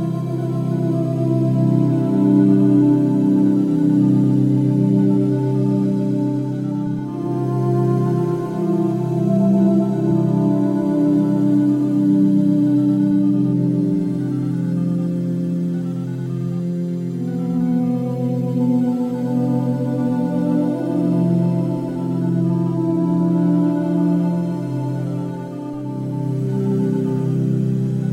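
Binaural waves at a frequency of 432hz form a steady, dense bed of sustained low tones that shimmer and pulse gently without stopping. Faint higher tones hover above, and the level stays nearly even throughout, with slight dips around 7 and 26 seconds.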